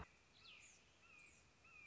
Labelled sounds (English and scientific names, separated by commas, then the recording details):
Red-shouldered Hawk (Buteo lineatus)
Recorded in Sonoma County, California